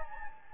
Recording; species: mosquito wingbeat signal from an infrared sensor; Anopheles gambiae